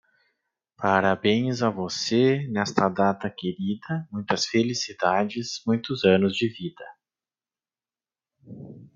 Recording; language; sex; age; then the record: short text; Brazilian Portuguese; male; 40 to 49 years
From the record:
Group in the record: control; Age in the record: 46 years